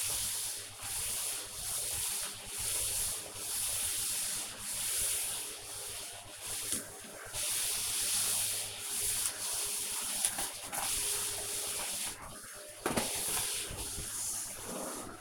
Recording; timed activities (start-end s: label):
household activities, microphone on the right wrist
0.00-15.21 s: vacuum cleaning